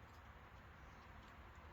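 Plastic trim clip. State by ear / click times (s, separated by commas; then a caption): not seated / none. Weather stripping is being lined up and pressed onto an F-150 truck's door/rocker area during a running board install, its fingers guided into place without bending them over. Only a steady, even background noise with low rumble is heard, with no distinct sudden sounds. Nothing has seated or clicked yet.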